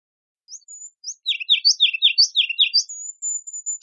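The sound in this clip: Ruby-crowned kinglet calling: thin high whistles, then a run of quick descending chirps in pairs, with a long high thin note near the end. The background is otherwise silent.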